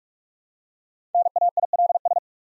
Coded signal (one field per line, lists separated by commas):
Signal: Morse code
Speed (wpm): 44 wpm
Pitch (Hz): 700 Hz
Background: none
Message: NAILS